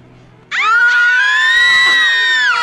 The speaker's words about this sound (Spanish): Ah, la mujer gritó.